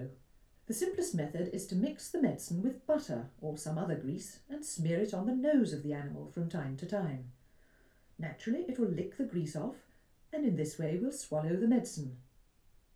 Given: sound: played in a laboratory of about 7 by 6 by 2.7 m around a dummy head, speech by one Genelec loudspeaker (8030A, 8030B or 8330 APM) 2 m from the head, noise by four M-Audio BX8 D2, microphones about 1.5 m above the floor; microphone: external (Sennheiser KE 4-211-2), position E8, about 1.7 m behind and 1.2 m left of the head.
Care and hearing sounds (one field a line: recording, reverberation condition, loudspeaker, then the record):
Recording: female speech in English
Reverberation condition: low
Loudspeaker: 90 degrees to the left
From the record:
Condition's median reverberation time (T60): about 310 ms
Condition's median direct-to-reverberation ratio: about 3.5 dB